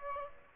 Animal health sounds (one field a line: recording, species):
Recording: mosquito wingbeat signal from an infrared sensor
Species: Aedes aegypti